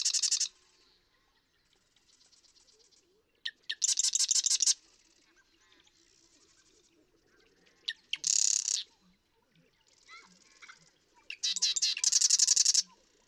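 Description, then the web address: Marsh Wren song given several times: sputtering clicks leading into loud, gurgling, machine-like rattles, separated by brief quieter stretches. "birdsongforthecurious Marsh Wren"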